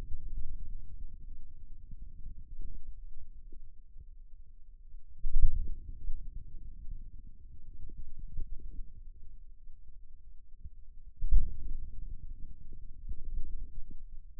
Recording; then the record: forearm muscle sounds (acoustic myography)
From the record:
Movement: outward rotation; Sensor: system 2, bracelet of six BSWA MPA416 microphones around the upper forearm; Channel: 2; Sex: male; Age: 22 years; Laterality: right